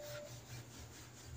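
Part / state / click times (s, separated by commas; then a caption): internal part locking into a manual gearbox / not seated / none. An internal metal part is worked by hand into position during manual gearbox reassembly on a Toyota Fortuner/Hilux gearbox, being repaired for a reverse gear problem. Steady rubbing, scraping handling noise is heard throughout. Nothing has seated or clicked yet.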